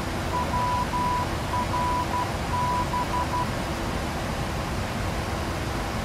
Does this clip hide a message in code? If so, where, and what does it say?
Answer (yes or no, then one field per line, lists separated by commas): yes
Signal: Morse code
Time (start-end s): 0.3-3.4 s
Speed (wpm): 12 wpm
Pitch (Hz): 990 Hz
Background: none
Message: WRB